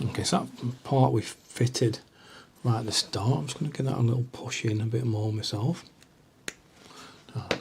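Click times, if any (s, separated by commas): 6.5 s, 7.5 s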